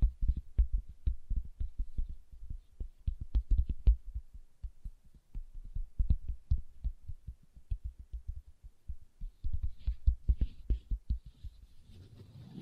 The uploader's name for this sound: Leather Tapping & Scratching Sounds